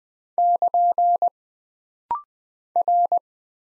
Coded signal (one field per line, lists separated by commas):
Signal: Morse code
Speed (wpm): 20 wpm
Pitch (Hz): 700 Hz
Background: none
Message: <KN> R